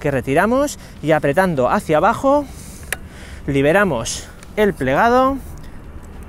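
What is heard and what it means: Someone talks while handling a Hekka Andourway E4-HVD electric scooter: the safety pin has been pulled and the stem pressed down to release the fold, with the handlebar stem heading toward its fold-lock latch. A brief sharp tick sounds at 2.9 s between the talking, but the stem has not yet clicked or locked into the latch by the end of the clip.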